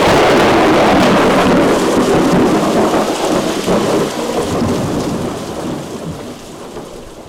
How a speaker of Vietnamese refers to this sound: Đột nhiên một tia sét xé toạc thiên không, sấm sét đùng đùng khiến ai nấy đều giật mình.